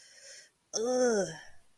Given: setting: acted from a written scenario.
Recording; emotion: vocal sound without words; pain